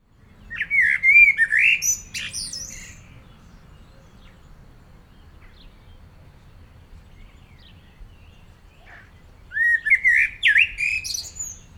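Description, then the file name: Common blackbird song: two phrases of low fluted whistles ending in high squeaky twitters, separated by a long pause, with faint low background rumble. "Turdus merula"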